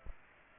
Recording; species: mosquito wingbeat signal from an infrared sensor; Aedes aegypti